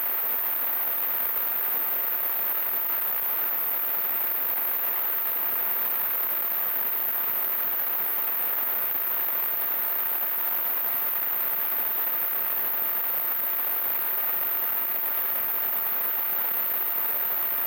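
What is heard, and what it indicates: Simulated tinnitus: a steady, continuous noise-like hiss that runs unchanged throughout, concentrated in the middle and upper frequencies with no low rumble.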